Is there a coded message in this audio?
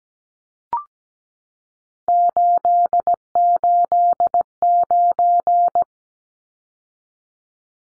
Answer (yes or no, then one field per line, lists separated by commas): yes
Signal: Morse code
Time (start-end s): 2.1-5.8 s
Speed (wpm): 17 wpm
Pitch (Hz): 700 Hz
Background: none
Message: 889